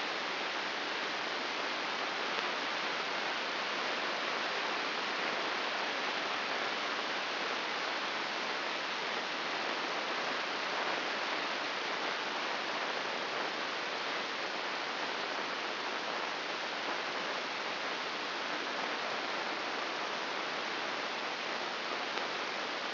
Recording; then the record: brain microelectrode recording played as sound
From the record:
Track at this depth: inside the subthalamic nucleus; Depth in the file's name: 4.801 mm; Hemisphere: right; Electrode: 2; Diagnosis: Parkinson's disease